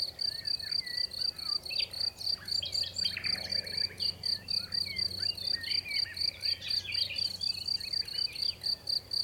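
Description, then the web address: Crickets chirping in high, pulsed bursts repeated about twice a second, steady throughout, while birds sing varied twittering phrases in the background. Recorded in Montricoux; birds noted alongside the crickets. "MONTRICOUXAUJOURLEJOUR. Grillons oiseaux"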